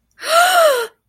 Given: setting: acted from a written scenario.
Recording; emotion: vocal sound without words; awe